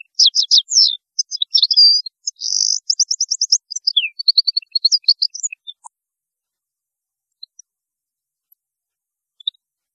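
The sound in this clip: European goldfinch song, a rapid tinkling, twittering phrase with buzzy trills lasting about six seconds, followed by a few faint scattered notes.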